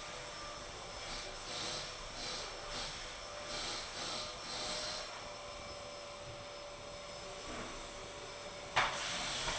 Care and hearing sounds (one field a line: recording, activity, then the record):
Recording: daily activity, microphone in the room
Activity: vacuum cleaning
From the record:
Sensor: 5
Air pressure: 1000.2 hPa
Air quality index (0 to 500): 118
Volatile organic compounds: 1 ppm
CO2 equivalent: 939 ppm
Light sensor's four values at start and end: 144/339/146/158 and 143/336/144/156